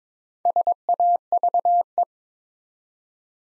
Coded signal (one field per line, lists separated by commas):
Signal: Morse code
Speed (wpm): 22 wpm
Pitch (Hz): 700 Hz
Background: none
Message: SAVE